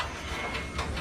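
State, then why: Not seated. A padlock shackle is being pushed toward the padlock body to re-lock it on a gate or door, with steady handling noise throughout the second. Nothing has seated or clicked yet; the shackle is not yet home.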